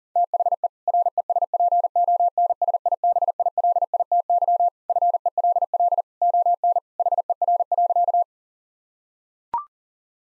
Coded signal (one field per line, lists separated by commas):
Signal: Morse code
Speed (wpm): 40 wpm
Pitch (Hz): 700 Hz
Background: none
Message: THE RESPONSIBILITY FELL ON HER.